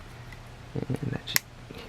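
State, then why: Seated. A plastic ratchet joint on the lower waist/hip section of a brick-built Optimus Prime (Western Star) robot model from Transformers Age of Extinction is pushed into its socket while someone talks. A sharp, bright click at 1.4 s marks the joint seating into the hip.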